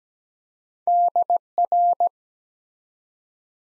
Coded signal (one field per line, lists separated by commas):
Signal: Morse code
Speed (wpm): 17 wpm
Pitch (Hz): 700 Hz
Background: none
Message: DR